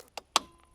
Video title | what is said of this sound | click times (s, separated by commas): Comment choisir le meilleur porte-vélo ? 5 clés pour ne pas se tromper | Le petit clic, en fait, on a ici un système de verrouillage qui fait que | 0.4 s